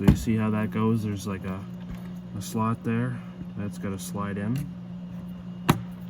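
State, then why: Seated. On a 2013 BMW 320 XI, the inner door handle cable end is slid into its slot on the front door lock actuator and pushed until it snaps into place. Someone talks through most of the clip, and a sharp snap is heard at 5.7 s as the cable end seats.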